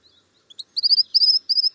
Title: LuckyPassaro Completos2Sama. White-naped Xenopsaris (Xenopsaris albinucha)